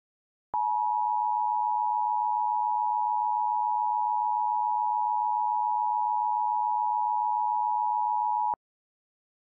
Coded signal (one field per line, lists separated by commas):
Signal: Emergency Alert System (SAME) tones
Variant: 853 and 960 Hz attention tone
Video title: [EAS SCENARIO] - Poisoned Land